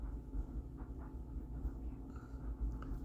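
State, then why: Released. A button on the plastic magazine of a GameFace Stinger P311 airgun pistol is pushed to release the locked follower. Over a low steady rumble, a faint tap sounds at about 2.2 s, followed by a sharp click at 2.8 s as the follower lock releases.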